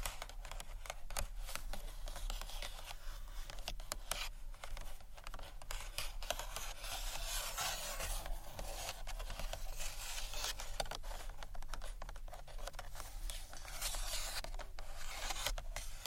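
Gentle scratchy tapping on books goes on without a break, a dense run of quick scrapes and taps that stays bright and papery. The level holds fairly even across the sixteen seconds, with a low steady hum underneath and a few brief dips.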